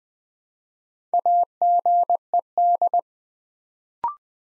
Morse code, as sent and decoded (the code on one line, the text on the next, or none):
.- --. . -..
AGED